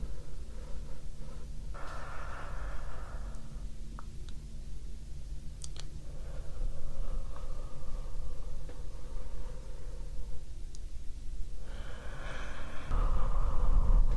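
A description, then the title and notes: Deep breathing, slow and unhurried: long airy breaths come in stretches of a few seconds each, with short pauses between them. A steady low rumble runs underneath throughout, a couple of faint clicks fall near the middle, and the last breath is the loudest. ASMR Deep Breathing. Sounds kind of similar to sleeping, but without the snoring.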